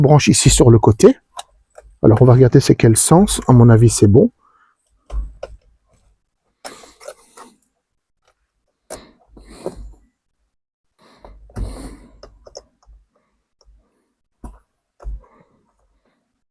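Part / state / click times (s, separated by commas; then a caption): plastic part or connector into the steering column switch assembly / not seated / none. Someone talks while handling a plastic part or connector at the side of the steering-column switch assembly on a 2009-era Golf 6 1.4i during an ignition lock (Neiman) repair, checking which way round it goes. Light handling taps and knocks are heard between the speech. Nothing has seated or clicked yet; the part has not been pushed home.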